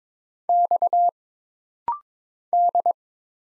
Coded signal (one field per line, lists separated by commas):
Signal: Morse code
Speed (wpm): 22 wpm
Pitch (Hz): 700 Hz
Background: none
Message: X D